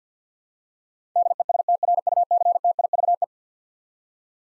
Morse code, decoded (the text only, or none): DESTRUCTIVE